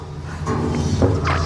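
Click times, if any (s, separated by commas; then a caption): none. The hinged metal lid of a silo dust collector is being swung open toward its hold-open lock, with a steady low rumble and soft rustling, shifting handling noises throughout. Nothing has seated or clicked yet; the clip ends before the lid catches in its lock.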